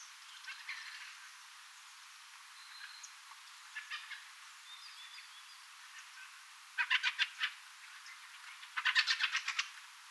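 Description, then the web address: Thrush chatter: two loud bursts of fast harsh repeated notes near the end, after scattered softer calls and thin high whistles from other birds. Three flocks calling together, thrushes, tits and yellowhammers, 3 October 2024. "paivat 3 10 2024 kolme parvea yhdessa rastasparvi tiaisparvi ja keltasirkkuparvi aantelya"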